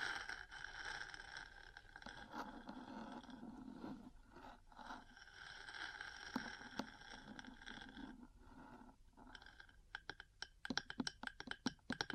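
Metal parts scratch and scrape in a dense, uneven texture, then give way near ten seconds to a run of sharp, rapid taps.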